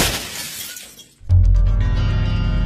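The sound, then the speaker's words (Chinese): A brittle red coral ornament, an imperial gift, is deliberately smashed with a sudden loud crash, followed by a bright, scattering shatter of fragments that rings on for over a second. No one speaks. “算了，既然您赏了我，我也不能不给您面子，砸了听个响儿吧。”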